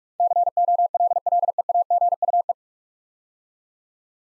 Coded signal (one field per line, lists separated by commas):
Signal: Morse code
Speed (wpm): 42 wpm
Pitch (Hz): 700 Hz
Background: none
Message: COLLEAGUE